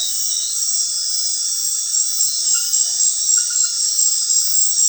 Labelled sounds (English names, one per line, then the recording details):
none
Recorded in dense forest near Puerto Asís, Putumayo, Colombia, on 19 February 2024 at 21:30
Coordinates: 0.502, -76.326
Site G6460